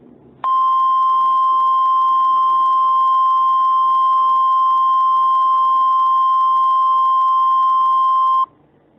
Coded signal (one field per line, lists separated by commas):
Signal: Emergency Alert System (SAME) tones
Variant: 1050 Hz attention tone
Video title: EAS Scenario: A Drunkin Rampage in Quahog, RI (Family Guy Edition)